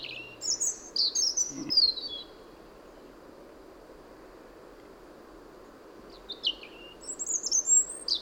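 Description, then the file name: European robin singing high, liquid phrases of descending whistles and trills, silent for several seconds between them, with a soft constant hiss underneath. "Erithacus rubecula"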